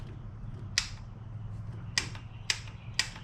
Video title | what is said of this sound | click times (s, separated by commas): Will it run?!? First start attempt. 1977 Datsun 620. | Three clicks there. | 2.0 s, 2.5 s, 3.0 s